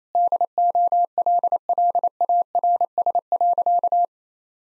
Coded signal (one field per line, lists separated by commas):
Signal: Morse code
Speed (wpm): 28 wpm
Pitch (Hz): 700 Hz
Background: none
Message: DOLLARS.